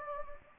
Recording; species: mosquito wingbeat signal from an infrared sensor; Anopheles gambiae